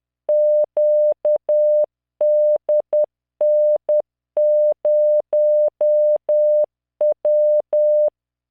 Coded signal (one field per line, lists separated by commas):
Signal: Morse code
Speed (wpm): 10 wpm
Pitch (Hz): 600 Hz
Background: none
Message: QDN0W